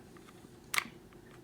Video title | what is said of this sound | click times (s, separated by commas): How to Disassemble and reassemble a Glock 23 Gen 4 40cal (Field Strip)￼ | Now when I pull back, you're gonna hear a very slight click. And I'm gonna stop talking so you can hear it. | 0.8 s